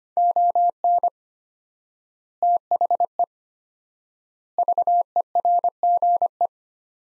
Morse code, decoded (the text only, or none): ON THE VERGE